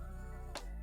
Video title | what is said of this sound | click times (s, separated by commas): Sazaba SD! - Gunpla Full Stream 001 | ah that was a good snap all right that snapped right into place perfect | 0.6 s